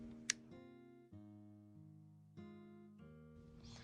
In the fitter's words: and then rotate the lens counterclockwise until it clicks